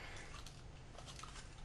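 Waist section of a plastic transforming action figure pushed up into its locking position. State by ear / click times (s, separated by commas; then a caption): not seated / none. The waist section of a plastic Transformers Revenge of the Fallen Voyager Bludgeon transforming action figure is pushed up with a little force toward its locking position. A steady low rumble and handling noise are heard, with a few faint brief ticks near 0.5 s and 1.2 s. The waist has not snapped into place, and nothing has seated or clicked yet.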